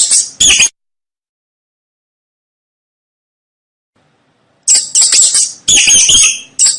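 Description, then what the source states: Mouse squeaks, two short shrill bursts, a long silence, then a busy cluster of high scratchy squeaks. Mouse squeaking to help a baby fall asleep.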